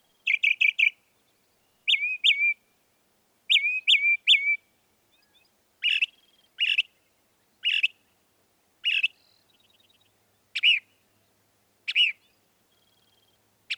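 Northern mockingbird singing varied phrases: quick repeated sharp notes, then single sweeping notes at fairly steady intervals, with short silences between.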